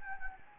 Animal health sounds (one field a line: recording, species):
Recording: mosquito wingbeat signal from an infrared sensor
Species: Anopheles gambiae